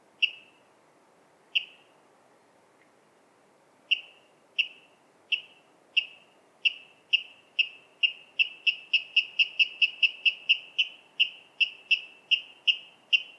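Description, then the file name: Water rail giving sharp, clipped kip notes, sparse at first, then speeding into a fast, steady series of repeated calls by the end. "Waterral Rallus aquaticus"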